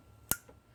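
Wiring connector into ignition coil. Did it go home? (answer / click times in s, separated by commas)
yes / 0.3 s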